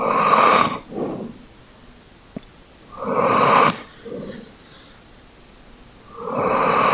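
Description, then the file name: Dog snoring with long rasping breaths in a slow rhythm, three loud breaths, the first two each followed by a quieter one, plus a small click. "dog asmr"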